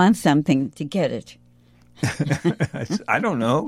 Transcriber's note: laughs